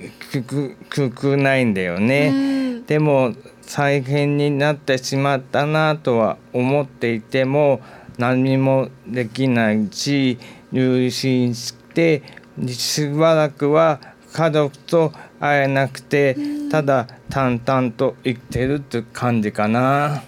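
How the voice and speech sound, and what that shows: Slow Japanese speech from an adult woman with stretched sounds, pauses and halting restarts, consistent with aphasia. Her aphasia, with right-sided hemiplegia, is an after-effect of a cerebral hemorrhage, after which she was hospitalized for about a year.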